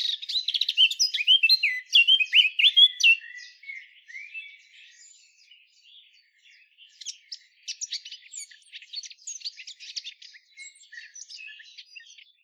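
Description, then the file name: Eurasian blackcap song: a loud, hurried warble of fluty slurred notes for three seconds, then a quieter, scratchy run of quick, clicking high notes. "Sylvia atricapilla"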